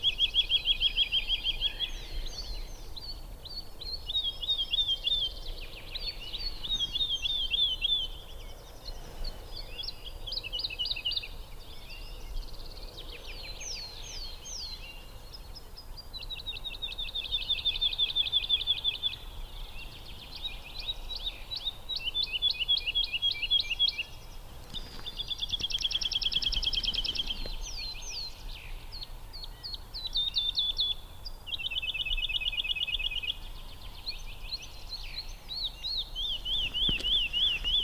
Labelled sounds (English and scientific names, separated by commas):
Wood Lark (Lullula arborea) song